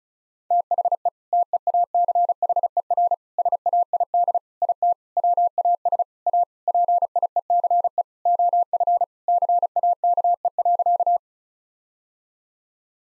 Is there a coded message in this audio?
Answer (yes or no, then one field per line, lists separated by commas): yes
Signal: Morse code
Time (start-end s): 0.5-11.2 s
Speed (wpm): 34 wpm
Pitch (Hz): 700 Hz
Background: none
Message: THE TEACHER SAID IT WAS A PIECE OF CAKE.